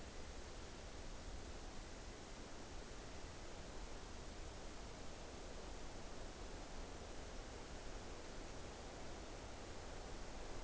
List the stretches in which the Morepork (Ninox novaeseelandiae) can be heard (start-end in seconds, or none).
none